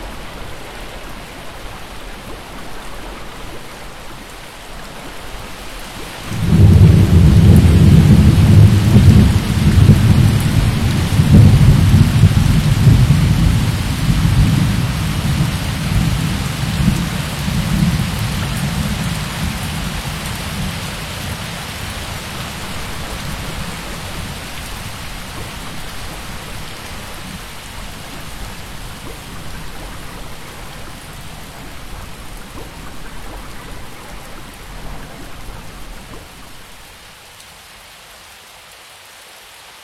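Steady rain falls in a rainforest, with a soft hiss across the first several seconds. At about six seconds a deep, heavy rumble swells in, like thunder or a rush of water, then slowly fades over the next thirty seconds. It dies away sharply near the end.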